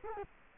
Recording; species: mosquito wingbeat signal from an infrared sensor; Culex quinquefasciatus